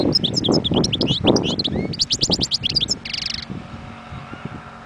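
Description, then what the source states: European goldfinch giving a quick run of high, tinkling twitters ending in a short rasping buzz, with low thuds in the background. Wild bird.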